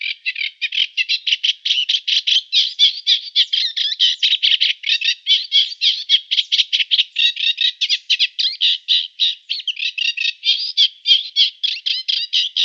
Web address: Schulze Peter Reed Warbler song